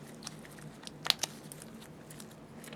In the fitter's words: You can feel it click into the notch on the knob and the notch on the washer.